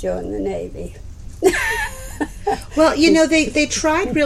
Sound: laughs